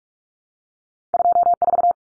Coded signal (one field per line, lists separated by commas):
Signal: Morse code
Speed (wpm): 44 wpm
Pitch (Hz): 700 Hz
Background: none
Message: 24